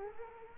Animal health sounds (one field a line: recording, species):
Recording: mosquito wingbeat signal from an infrared sensor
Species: Culex quinquefasciatus